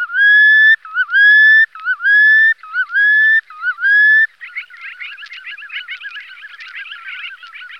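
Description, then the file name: Red knot song: five drawn-out, slightly rising whistles about a second apart, followed by fast, chattering twittering notes. "jespák-rezavý"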